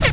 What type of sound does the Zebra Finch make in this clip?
kackle call